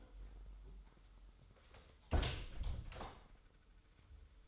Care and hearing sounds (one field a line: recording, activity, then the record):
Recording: daily activity, microphone in the room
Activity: close door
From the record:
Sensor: 3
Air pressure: 996.1 hPa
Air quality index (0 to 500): 44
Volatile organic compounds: 1 ppm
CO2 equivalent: 869 ppm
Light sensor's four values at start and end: 14/34/14/15 and 14/34/14/14